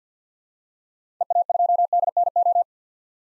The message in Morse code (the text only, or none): EA2DNO